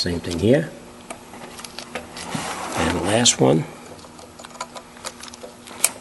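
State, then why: Seated. On a 2008 Honda Accord, the last plastic electrical connector is pushed onto its ignition coil on the coil pack while someone talks, with a few faint handling taps before it. It snaps in with one sharp click at 5.8 s and is seated.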